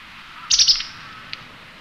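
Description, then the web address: White wagtail call: a brisk cluster of high, sharp chirps followed by a single short chip after a pause. Recorded 11 May 2018. "chikushishou bird watching club 2018 5 11 hakusekirei"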